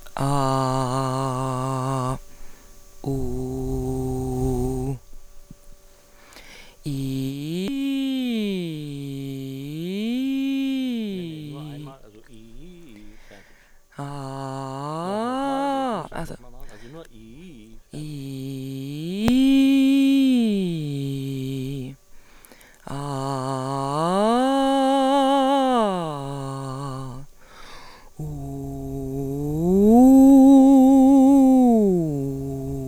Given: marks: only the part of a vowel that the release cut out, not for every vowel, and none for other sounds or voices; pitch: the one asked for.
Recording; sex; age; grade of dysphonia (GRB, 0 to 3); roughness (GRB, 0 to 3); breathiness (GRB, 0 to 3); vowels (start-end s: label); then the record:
sustained vowels; female; 50 to 59 years; 2; 2; 2
0.39-2.02 s: vowel /a/, low pitch
3.12-4.84 s: vowel /u/, low pitch
19.67-21.44 s: vowel /i/, low-high-low pitch
23.62-26.37 s: vowel /a/, low-high-low pitch
29.18-32.46 s: vowel /u/, low-high-low pitch
From the record:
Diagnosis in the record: dysodia (singing voice disorder); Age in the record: 50 years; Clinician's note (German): Ausgebildete Gesangsstimme